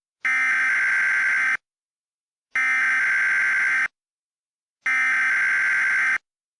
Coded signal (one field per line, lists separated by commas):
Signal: Emergency Alert System (SAME) tones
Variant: header bursts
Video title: EAS Mock 24: Qui Maneant